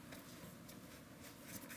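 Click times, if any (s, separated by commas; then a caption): none. A new plastic power steering reservoir for a 2001–2007 Volvo V70 is handled as its three tabs are guided into their slots on the mount on the pump, bottom tab first, then pushed down. Only faint handling rustles over a steady low background are heard, with no distinct impacts. Nothing has seated or clicked yet.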